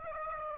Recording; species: mosquito wingbeat signal from an infrared sensor; Aedes aegypti